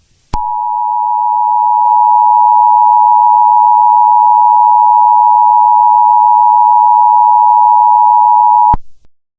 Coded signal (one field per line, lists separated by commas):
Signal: Emergency Alert System (SAME) tones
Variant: 853 and 960 Hz attention tone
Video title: SunCable EAS Mock: Severe T-Storm Warning